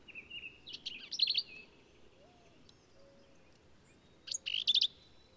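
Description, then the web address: Black-capped vireo song, two short bursts of harsh, buzzy and chattering notes separated by a few seconds of quiet, with soft background hiss. "birdsongforthecurious Black-capped Vireo"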